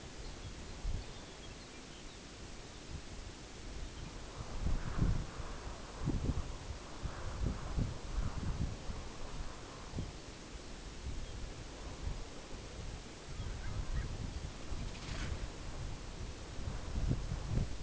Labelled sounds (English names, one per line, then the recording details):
unidentified sound
Long-tailed Duck
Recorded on Arctic tundra, site UTQI-5, on 14 June 2019
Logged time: 04:00